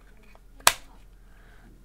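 A 21700 battery is fitted into the battery bay of a bottom-feeder vape mod (Pulse X Kit Special Edition, BF 21700). A sharp, loud hit lands at 0.7 s after a couple of faint taps, then a brief decay back to quiet. The cell fits perfectly and is seated.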